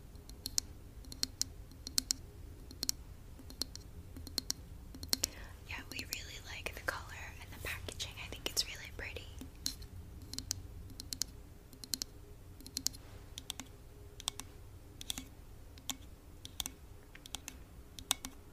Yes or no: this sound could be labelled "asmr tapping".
yes